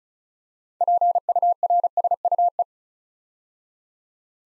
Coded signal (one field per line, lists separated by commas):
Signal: Morse code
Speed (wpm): 34 wpm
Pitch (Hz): 700 Hz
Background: none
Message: PURSUE